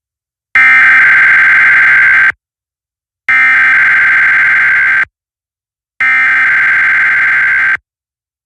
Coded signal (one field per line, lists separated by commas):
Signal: Emergency Alert System (SAME) tones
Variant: header bursts